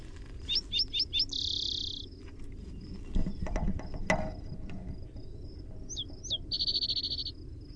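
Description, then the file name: Spotted towhee song: a few short sharp introductory notes followed by a buzzy trill, given twice, over a low rumbling background. Primary song. "SPTO-Primary Song"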